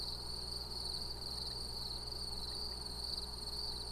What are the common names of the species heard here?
Common Quail